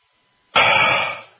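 After a moment of silence, an adult man with a chest cold of several weeks, first thought to be allergy-related and with a fever the night before, gives a single harsh, rough throat-clearing cough lasting just under a second that fades out at the end. It is a lone cough burst with no audible wheeze and no repeated coughing.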